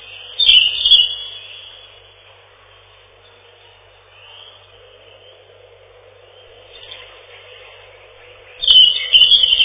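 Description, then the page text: European robin song: a short high twittering phrase, a long pause with only hiss, then another rapid, jumbled burst of high notes. "Зарянка, или реполов, или малиновка - Erithacus rubecula"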